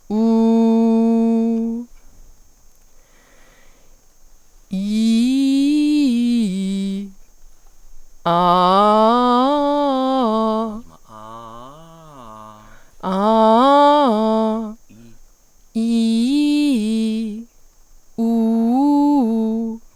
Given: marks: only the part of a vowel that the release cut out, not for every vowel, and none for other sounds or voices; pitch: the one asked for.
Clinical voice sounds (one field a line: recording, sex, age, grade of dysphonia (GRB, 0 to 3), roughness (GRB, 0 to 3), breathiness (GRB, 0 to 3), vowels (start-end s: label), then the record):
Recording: sustained vowels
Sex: female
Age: 20 to 29 years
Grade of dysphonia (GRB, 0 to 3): 0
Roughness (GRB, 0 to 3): 0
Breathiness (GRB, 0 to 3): 0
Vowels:
0.20-1.59 s: vowel /u/, low pitch
13.17-14.51 s: vowel /a/, low-high-low pitch
15.82-17.24 s: vowel /i/, low-high-low pitch
18.25-19.62 s: vowel /u/, low-high-low pitch
From the record:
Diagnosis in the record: healthy voice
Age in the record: 22 years